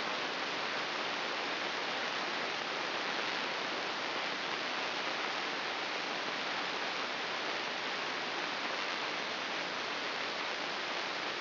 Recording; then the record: brain microelectrode recording played as sound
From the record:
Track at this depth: inside the subthalamic nucleus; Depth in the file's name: 4.738 mm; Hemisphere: right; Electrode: 2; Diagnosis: Parkinson's disease